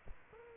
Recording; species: mosquito wingbeat signal from an infrared sensor; Aedes aegypti